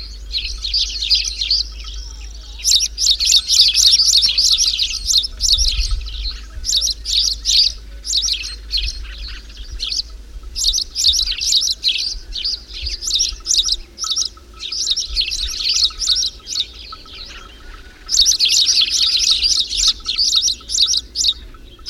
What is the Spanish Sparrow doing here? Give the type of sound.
song